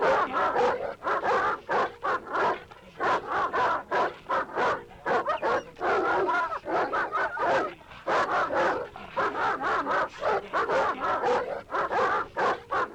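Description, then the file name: Several dogs barking and whimpering continuously, high yips and whines tumbling over one another with short pauses. "Dogs Barking and Whining"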